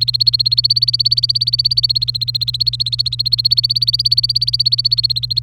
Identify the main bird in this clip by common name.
Domestic Canary